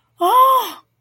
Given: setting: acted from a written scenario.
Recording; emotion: vocal sound without words; elation